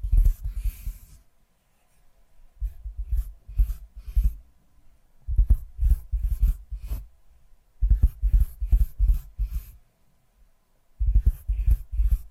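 Tapping comes in short bursts of quick, soft knocks, each cluster lasting one to two seconds with quiet gaps between. The taps are mostly low and thumping with some brighter scratchy edges, like fingertips or a pen on a surface, repeating through all twelve seconds.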